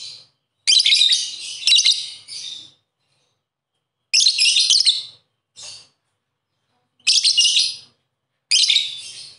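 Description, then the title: Bird giving rasping, chattering phrases of one to two seconds, broken by quiet gaps, with a brief softer note between louder bursts. "Kicau Burung"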